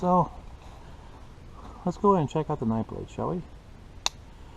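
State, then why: Seated. Someone talks while opening the main blade of a multi-tool pocket knife. A single sharp click is heard at 4.1 s as the blade's lock engages, locking it open in its handle.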